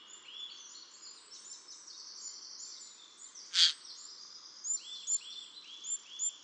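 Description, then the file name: Eurasian jay giving one short, harsh burst midway through, set against faint high twittering from other birds. "Garrulus glandarius"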